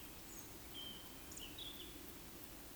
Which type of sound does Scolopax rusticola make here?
whistle